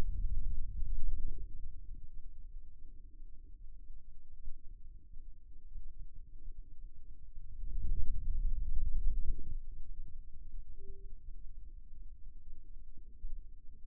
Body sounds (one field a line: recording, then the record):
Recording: forearm muscle sounds (acoustic myography)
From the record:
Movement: ulnar deviation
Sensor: system 2, bracelet of six BSWA MPA416 microphones around the upper forearm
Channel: 2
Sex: male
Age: 22 years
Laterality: right